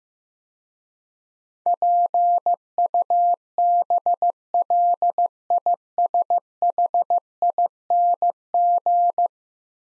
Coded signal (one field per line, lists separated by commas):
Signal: Morse code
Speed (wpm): 15 wpm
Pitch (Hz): 700 Hz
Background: none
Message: PUBLISHING